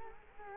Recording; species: mosquito wingbeat signal from an infrared sensor; Culex quinquefasciatus